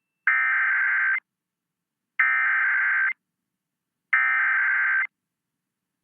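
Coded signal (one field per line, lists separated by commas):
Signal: Emergency Alert System (SAME) tones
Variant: header bursts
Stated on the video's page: Tornado and severe thunderstorm warning alerts aired back-to-back on an FM broadcast station, issued by the National Weather Service.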